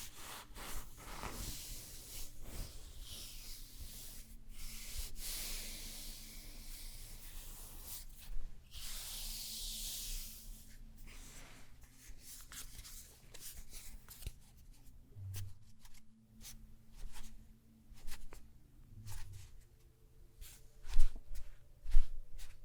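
Smooth stones rub and slide during a spa treatment, a soft hissing friction that swells in bursts, strongest between about 5 and 10 seconds. Quick clicks and taps break in often, and a low steady hum runs underneath, with a few louder knocks near the end.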